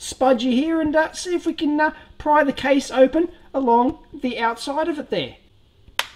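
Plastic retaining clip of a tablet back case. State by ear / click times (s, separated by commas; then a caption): released / 6.0 s. Someone talks while a spudger pries along the edge of an Amazon Kindle Fire tablet's press-fit plastic back case. A sharp click at 5.9–6.0 s marks one plastic retaining clip releasing, and the case clip pops open.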